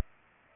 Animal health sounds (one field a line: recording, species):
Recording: mosquito wingbeat signal from an infrared sensor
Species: Culex pipiens